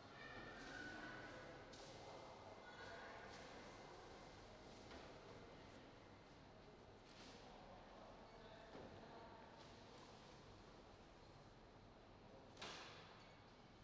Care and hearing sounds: everyday scene through a hearing-aid microphone; reverberant space; background noise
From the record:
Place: railway station hall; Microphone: in the ear canal, right

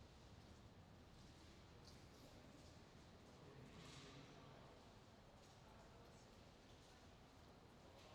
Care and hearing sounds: everyday scene through a hearing-aid microphone; reverberant space; background noise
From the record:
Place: railway station hall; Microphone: in the ear canal, left

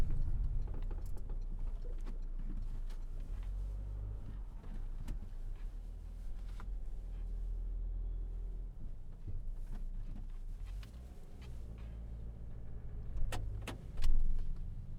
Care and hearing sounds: everyday scene through a hearing-aid microphone; in a vehicle; engine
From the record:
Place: Berlingo II, diesel engine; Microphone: behind the ear, right, front

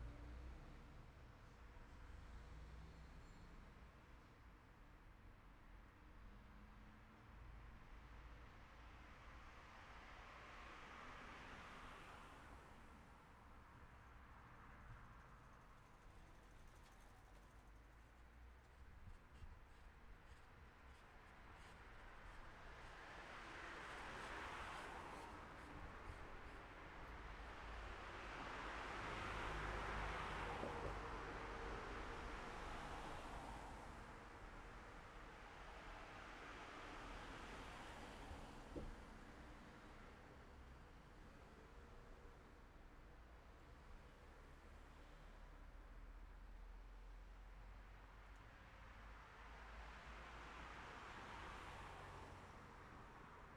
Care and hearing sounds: everyday scene through a hearing-aid microphone; in traffic; traffic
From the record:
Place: city secondary road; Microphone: behind the ear, left, rear

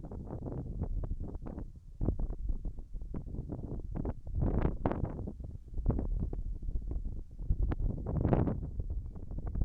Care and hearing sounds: everyday scene through a hearing-aid microphone; wind on the microphone; wind, whistling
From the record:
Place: in front of a rural house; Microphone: behind the ear, left, front

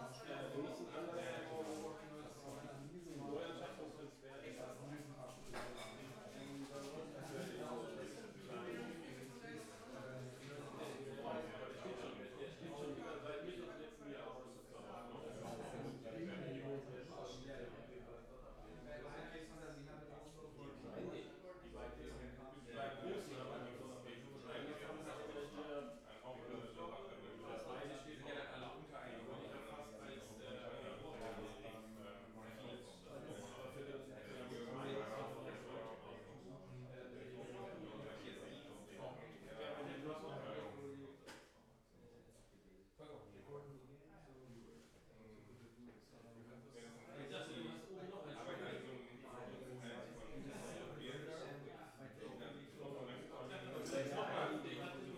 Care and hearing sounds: everyday scene through a hearing-aid microphone; many people talking; many voices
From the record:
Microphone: behind the ear, left, rear

